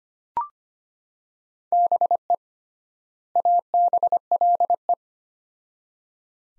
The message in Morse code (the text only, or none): BE ABLE